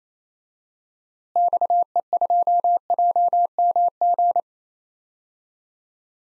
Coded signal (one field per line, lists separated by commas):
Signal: Morse code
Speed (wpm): 27 wpm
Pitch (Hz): 700 Hz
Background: none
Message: XE2JMG